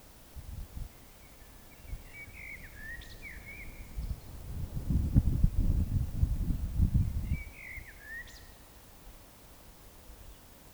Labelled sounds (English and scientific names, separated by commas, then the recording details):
Eurasian Woodcock (Scolopax rusticola)
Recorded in Baden-Württemberg, Germany, on 19 May 2021 at 19:09 UTC
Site 45967, 814 m above sea level